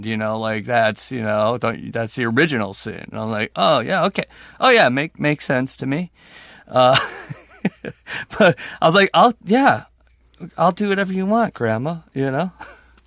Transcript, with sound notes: you know? Like, that's - you know, that's the original sin. And I'm like, oh, yeah, OK. Oh, yeah - makes sense to me (laughter). But I was like, yeah, I'll do whatever you want, grandma, you know?